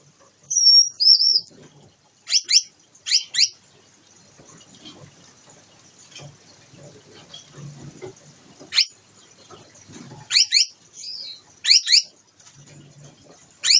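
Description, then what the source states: Gouldian finch song: a high whistled double note, followed by several sharp descending chirps in short groups, with faint rustling between. Pair formation and courtship dance.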